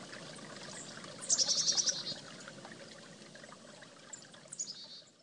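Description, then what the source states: Chickadee call: a quick run of about seven high, clipped notes, then a few fainter high notes, all over steady water noise. Recorded at a creek.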